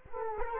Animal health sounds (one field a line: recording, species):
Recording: mosquito wingbeat signal from an infrared sensor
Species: Culex quinquefasciatus